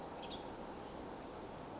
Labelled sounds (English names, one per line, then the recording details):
Western Tanager
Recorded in Sonoma County, California